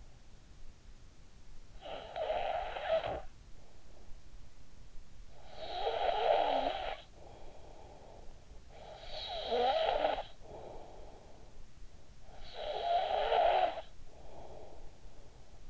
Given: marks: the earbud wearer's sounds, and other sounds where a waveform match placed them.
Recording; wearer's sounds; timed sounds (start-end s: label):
sounds in sleep by an in-ear microphone; snoring breath
1.48-3.62 s: snoring breath
5.14-11.74 s: snoring breath
12.08-15.28 s: snoring breath